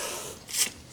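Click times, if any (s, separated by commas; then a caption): none. A plastic toilet bolt cap is handled over its plastic base washer on a shortened toilet floor bolt, with a soft rustling scrape and a brief brighter hiss around 0.6 seconds. Nothing has seated or clicked yet.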